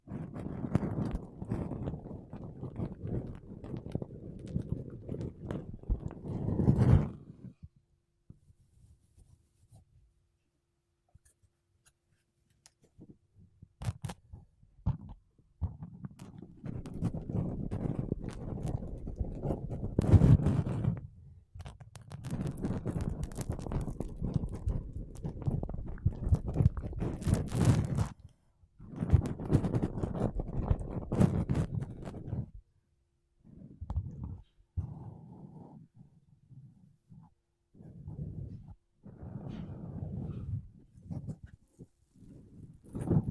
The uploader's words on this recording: ASMR Mic Brushing Using Makeup Brushes and Sponge (No Talking).